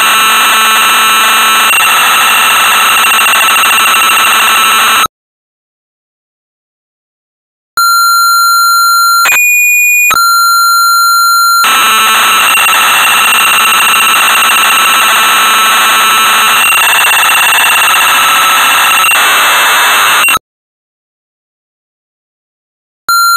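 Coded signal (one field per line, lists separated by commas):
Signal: computer data on cassette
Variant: Amstrad CPC 464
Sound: harsh buzzing data screech, pauses, steady lead tones, then more screeching data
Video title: Sabre Wulf (1985) - Amstrad CPC 464 (Full Tape Rip / Cassette Load)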